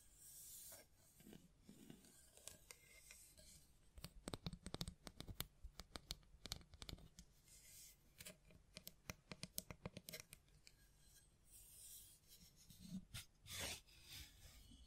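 Hands tap, scratch and brush against the mic, with dense bursts of sharp clicks from four to ten seconds and softer rubbing around them.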